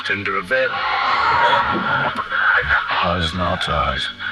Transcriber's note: strained gasp